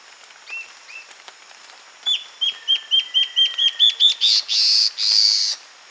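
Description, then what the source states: Guianan warbling antbird singing, two soft whistles first, then a run of quick downslurred notes edging upward and closing with two rasping, buzzy notes over a thin high hum. Recorded 22 June 2008.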